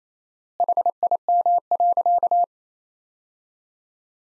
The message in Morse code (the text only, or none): HIM.